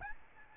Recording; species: mosquito wingbeat signal from an infrared sensor; Aedes albopictus